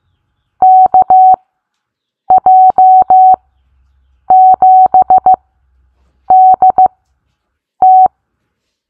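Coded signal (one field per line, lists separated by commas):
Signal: Morse code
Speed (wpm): 15 wpm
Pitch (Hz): 750 Hz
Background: none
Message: KJ7DT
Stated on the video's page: Morse code callsign bingo game; callsigns sent at set speeds for copying practice.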